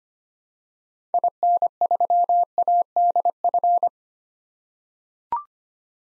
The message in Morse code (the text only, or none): IN3ADF